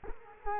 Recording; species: mosquito wingbeat signal from an infrared sensor; Culex quinquefasciatus